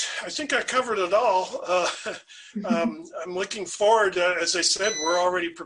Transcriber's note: laughter